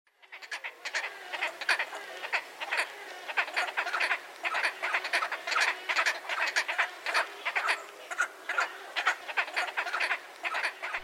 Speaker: That's the barking call of the usually silent and endangered wood stork.